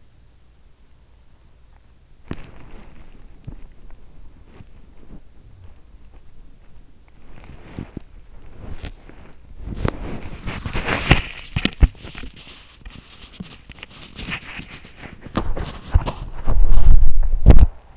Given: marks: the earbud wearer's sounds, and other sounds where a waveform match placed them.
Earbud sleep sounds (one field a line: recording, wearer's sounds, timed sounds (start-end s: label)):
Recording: sounds in sleep by an in-ear microphone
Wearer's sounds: body movement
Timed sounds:
2.27-17.97 s: body movement